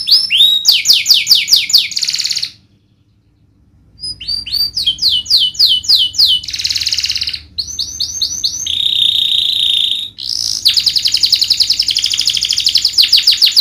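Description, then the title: Domestic canary singing in bursts: quick trills, a short silence, buzzy rolls and a sustained nasal tone, then a bright rapid trill to the end. Vigorously singing ('gacor') domestic canary, song praised for best 'cengkok' phrasing and most luxurious 'isian'. "Kenari Gacor Cengkok Terbaik Isian Paling Mewah Kenarigacor Kicaumania Kenari"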